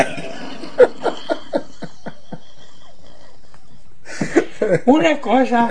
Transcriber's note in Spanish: risas